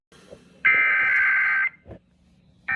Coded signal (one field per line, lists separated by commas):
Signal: Emergency Alert System (SAME) tones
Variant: header bursts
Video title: Friday Night KLOVE Weekly (EAS #14849-14851) 1/26/24